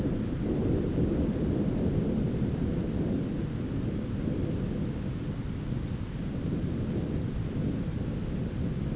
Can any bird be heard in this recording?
no